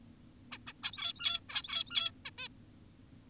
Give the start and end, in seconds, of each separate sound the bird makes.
0.52-0.58, 0.67-0.73, 0.83-1.40, 1.49-2.12, 2.26-2.31, 2.38-2.48